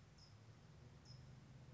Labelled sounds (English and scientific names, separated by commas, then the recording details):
California Towhee (Melozone crissalis)
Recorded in Sonoma County, California